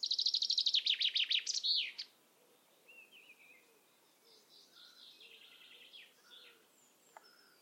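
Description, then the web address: Common chaffinch gives one full song, a fast falling series of sweet notes ending in an accented flourish, followed by fainter songs and short calls from birds in the background. "Deverinetal"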